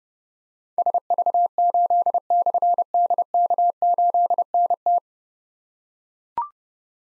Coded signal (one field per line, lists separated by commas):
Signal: Morse code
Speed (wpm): 28 wpm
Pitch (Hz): 700 Hz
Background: none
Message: SV8/DK8NT